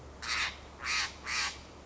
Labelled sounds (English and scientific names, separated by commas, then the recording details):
Steller's Jay (Cyanocitta stelleri)
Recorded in Sonoma County, California